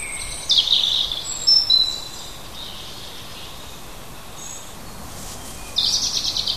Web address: oeko hecke vogel juni vogel j 6 3 heimisch kurz